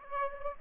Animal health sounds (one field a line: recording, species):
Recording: mosquito wingbeat signal from an infrared sensor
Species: Aedes albopictus